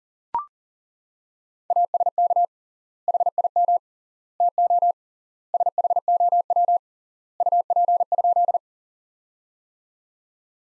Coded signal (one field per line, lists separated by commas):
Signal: Morse code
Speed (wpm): 37 wpm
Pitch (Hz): 700 Hz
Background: none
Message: ASK HIM TO SHOW UP?